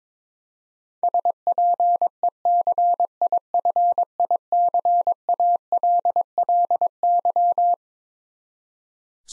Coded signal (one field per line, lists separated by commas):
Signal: Morse code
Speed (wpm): 22 wpm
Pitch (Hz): 700 Hz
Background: none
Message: SPECIFICALLY